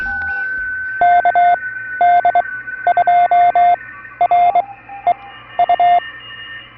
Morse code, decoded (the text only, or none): KD2REU